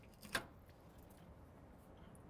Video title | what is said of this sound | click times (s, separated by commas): Arizona's autonomous home: entirely off-grid, no hookups needed | right here so this is how you fill it you attach your hose to this and it locks in place | 0.3 s